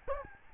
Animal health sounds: mosquito wingbeat signal from an infrared sensor; Aedes albopictus

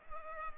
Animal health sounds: mosquito wingbeat signal from an infrared sensor; Culex pipiens

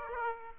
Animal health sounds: mosquito wingbeat signal from an infrared sensor; Aedes aegypti

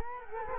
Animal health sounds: mosquito wingbeat signal from an infrared sensor; Culex quinquefasciatus

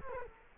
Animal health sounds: mosquito wingbeat signal from an infrared sensor; Culex quinquefasciatus

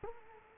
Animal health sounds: mosquito wingbeat signal from an infrared sensor; Culex quinquefasciatus

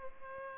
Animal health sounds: mosquito wingbeat signal from an infrared sensor; Culex pipiens

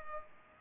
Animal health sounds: mosquito wingbeat signal from an infrared sensor; Culex pipiens

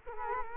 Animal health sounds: mosquito wingbeat signal from an infrared sensor; Culex quinquefasciatus

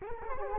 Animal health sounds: mosquito wingbeat signal from an infrared sensor; Culex quinquefasciatus

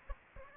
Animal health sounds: mosquito wingbeat signal from an infrared sensor; Aedes aegypti

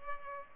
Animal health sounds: mosquito wingbeat signal from an infrared sensor; Culex pipiens

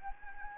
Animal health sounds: mosquito wingbeat signal from an infrared sensor; Anopheles gambiae

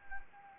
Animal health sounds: mosquito wingbeat signal from an infrared sensor; Anopheles gambiae

